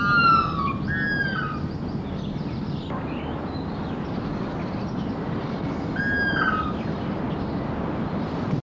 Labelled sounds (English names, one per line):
Red-naped Ibis call